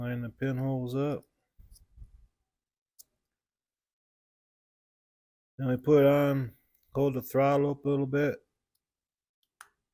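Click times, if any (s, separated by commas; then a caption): 9.6 s. Someone talks while fitting a carburetor linkage part onto the throttle of a Stihl MS210 chainsaw during a carb clean after the saw sat around too long, lining up the pinholes and holding the throttle up slightly. A sharp click at 9.6 s is heard as the part pops right into place, seated.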